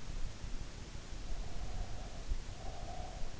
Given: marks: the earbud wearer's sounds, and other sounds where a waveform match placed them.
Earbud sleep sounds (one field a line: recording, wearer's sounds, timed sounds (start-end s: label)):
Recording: sounds in sleep by an in-ear microphone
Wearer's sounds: breath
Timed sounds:
1.60-3.34 s: breath